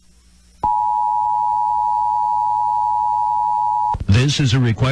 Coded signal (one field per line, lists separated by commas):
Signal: Emergency Alert System (SAME) tones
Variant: 853 and 960 Hz attention tone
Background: speech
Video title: Creepy EAS Alerts